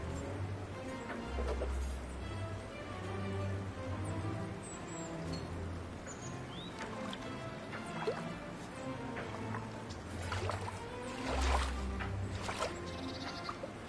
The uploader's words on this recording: Ducks playing in the water.